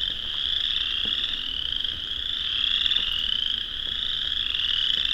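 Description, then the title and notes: Chorus frogs massed in a shrill, continuous chorus; overlapping trills merge into a constant high drone. Dusk spring walk through a swamp; thousands, maybe tens of thousands, of calling chorus frogs; frogs use calls and songs to establish territory. "Vinemount Swamp, and will hear thousands, maybe tens of thousands, of chorus frogs"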